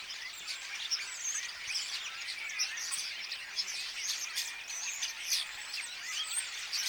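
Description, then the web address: Common starlings chattering and whistling together, a continuous busy chorus of squeaks, clicks and short whistled notes with occasional sharper squawks. Apparently young starlings singing in chorus; recorded 22 August 2026. "paivat 22 8 2026 ilmeisesti tassa nuoret kottaraiset laulavat kuorossa"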